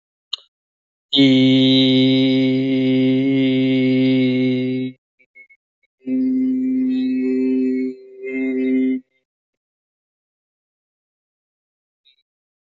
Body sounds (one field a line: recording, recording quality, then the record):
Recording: sustained vowel as in beet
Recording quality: excellent, no background noise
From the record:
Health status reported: healthy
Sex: male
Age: 32 years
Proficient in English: yes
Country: India